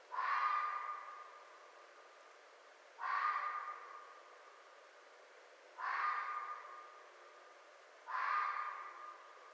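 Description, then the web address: Red fox repeating a harsh, husky call four times, roughly every two and a half to three seconds, each note fading out gradually. Recorded 4 May 2011. "Red Fox 2011 05 04 Red Fox"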